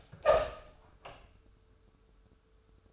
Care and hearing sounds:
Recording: daily activity, microphone in the room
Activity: open door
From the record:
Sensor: 2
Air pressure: 1015.1 hPa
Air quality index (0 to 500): 165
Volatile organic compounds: 9 ppm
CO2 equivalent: 2147 ppm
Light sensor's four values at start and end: 13/36/14/16 and 13/36/14/16

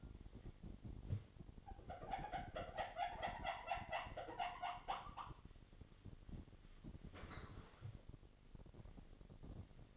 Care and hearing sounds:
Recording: daily activity, microphone in the room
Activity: wipe stove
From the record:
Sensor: 4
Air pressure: 1007.8 hPa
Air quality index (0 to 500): 197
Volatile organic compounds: 7 ppm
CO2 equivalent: 1968 ppm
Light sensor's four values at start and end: 23/71/27/26 and 22/70/27/26

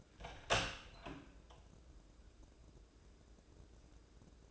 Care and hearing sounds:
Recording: daily activity, microphone in the room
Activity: open door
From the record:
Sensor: 2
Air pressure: 1012.2 hPa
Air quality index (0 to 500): 162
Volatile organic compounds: 2 ppm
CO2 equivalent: 1180 ppm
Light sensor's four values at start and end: 346/861/349/364 and 345/859/348/362

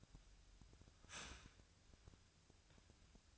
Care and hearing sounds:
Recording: daily activity, microphone in the room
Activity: start toaster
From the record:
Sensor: 2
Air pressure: 1001.8 hPa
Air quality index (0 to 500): 245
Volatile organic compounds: 36 ppm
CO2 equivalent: 3085 ppm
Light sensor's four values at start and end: 10/31/12/12 and 10/31/12/12

